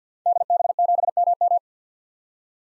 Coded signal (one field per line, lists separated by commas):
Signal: Morse code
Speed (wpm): 50 wpm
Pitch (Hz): 700 Hz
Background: none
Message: DB7MM